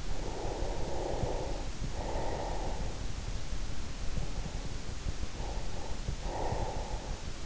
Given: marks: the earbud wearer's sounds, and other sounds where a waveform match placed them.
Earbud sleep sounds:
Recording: sounds in sleep by an in-ear microphone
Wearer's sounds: breath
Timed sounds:
0.32-2.92 s: breath
5.03-7.46 s: breath

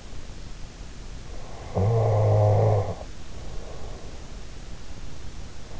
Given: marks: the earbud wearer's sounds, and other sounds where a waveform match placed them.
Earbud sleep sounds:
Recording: sounds in sleep by an in-ear microphone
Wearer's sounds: snoring breath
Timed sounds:
1.55-4.36 s: snoring breath

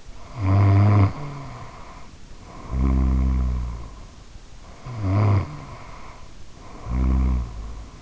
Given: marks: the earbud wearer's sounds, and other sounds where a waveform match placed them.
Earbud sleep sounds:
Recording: sounds in sleep by an in-ear microphone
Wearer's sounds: snoring breath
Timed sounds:
0.13-4.01 s: snoring breath
4.86-8.02 s: snoring breath

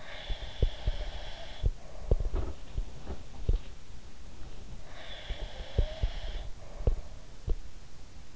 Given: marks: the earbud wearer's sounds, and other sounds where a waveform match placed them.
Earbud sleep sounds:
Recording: sounds in sleep by an in-ear microphone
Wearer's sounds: breath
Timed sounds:
0.00-2.34 s: breath
0.30-3.58 s: sound from someone else or the room
4.79-7.36 s: breath
5.24-7.57 s: sound from someone else or the room

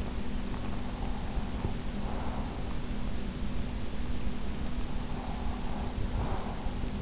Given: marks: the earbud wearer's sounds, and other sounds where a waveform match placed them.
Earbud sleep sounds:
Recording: sounds in sleep by an in-ear microphone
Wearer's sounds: breath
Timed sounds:
1.32-2.68 s: breath
5.07-6.91 s: breath

